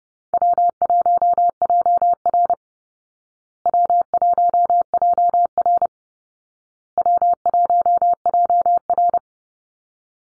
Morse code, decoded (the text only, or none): W1JR W1JR W1JR